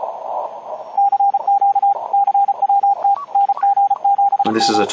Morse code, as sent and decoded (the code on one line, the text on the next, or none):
-.-. --.- / -.-. .-- - / -. --. --... --
CQ CWT NG7M